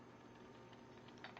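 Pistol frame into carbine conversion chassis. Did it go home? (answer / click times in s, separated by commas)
no / none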